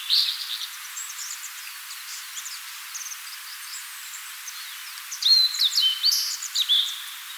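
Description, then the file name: Blue-and-white flycatcher whistled song phrase with sharp, slurred notes coming in after several seconds of soft, scattered chirps. "Cyanoptila cyanomelana"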